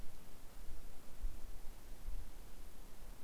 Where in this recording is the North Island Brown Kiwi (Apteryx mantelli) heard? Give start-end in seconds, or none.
none